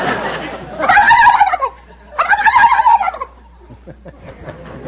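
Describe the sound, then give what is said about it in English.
A person on the quiz show You Bet Your Life imitates a turkey gobbler: two loud, rapid warbling bursts, each about a second long with a brief pause between, followed by faint rustling. No words are spoken. “I can cackle like a gobble, like a gobble, turkey gobbler.”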